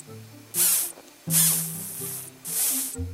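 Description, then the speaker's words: Walnut sphinx caterpillar defensive sound, three short breathy high hisses about a second apart, each lasting roughly half a second, over low background hum. Defensive sound meant to scare off predators, made by a small caterpillar trying to sound big and tough. "Here's a tiny walnut sphinx caterpillar doing its best to sound big and tough."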